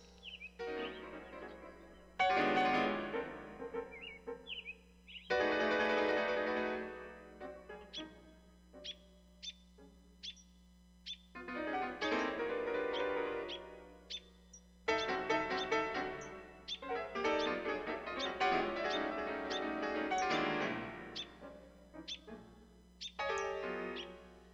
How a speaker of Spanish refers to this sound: Entre todos los sonidos de los pájaros destaca inconfundible el silbido del mirlo.